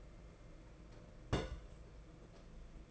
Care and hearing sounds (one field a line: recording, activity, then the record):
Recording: daily activity, microphone in the room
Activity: place on stove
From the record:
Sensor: 5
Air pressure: 992.1 hPa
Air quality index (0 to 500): 210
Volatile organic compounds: 1000 ppm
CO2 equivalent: 6092 ppm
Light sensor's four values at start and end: 6/14/5/6 and 5/13/5/6